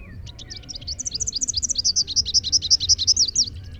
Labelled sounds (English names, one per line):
Rufous-capped Warbler song